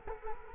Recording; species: mosquito wingbeat signal from an infrared sensor; Culex quinquefasciatus